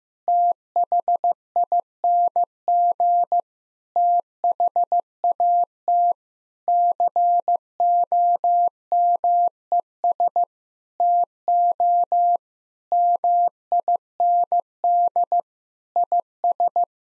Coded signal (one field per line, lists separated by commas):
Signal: Morse code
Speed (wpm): 15 wpm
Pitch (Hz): 700 Hz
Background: none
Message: THING THAT COMES TO MIND IS